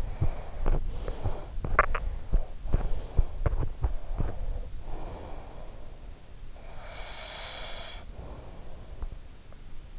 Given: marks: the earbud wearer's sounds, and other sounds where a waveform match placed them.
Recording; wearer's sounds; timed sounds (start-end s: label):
sounds in sleep by an in-ear microphone; teeth grinding, breath
0.00-4.74 s: teeth grinding
4.22-6.28 s: breath
6.57-9.14 s: breath